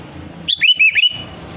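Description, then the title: Sooty-headed bulbul song: one quick, liquid phrase of four bouncing whistled notes, clear against a quiet background. "Kutilang"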